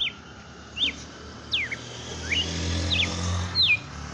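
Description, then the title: Red-cowled cardinal: a short run of sweet whistled slurs, some falling steeply, others rising, delivered unevenly over a low hum. Female bird; song style called açoite selvagem; bird named Fenrir. "Canto Galo Campina Fêmea. Galo de campina FENRIR no AÇOITE SELVAGEM"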